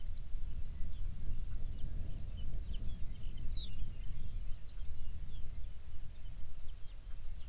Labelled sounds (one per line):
songbird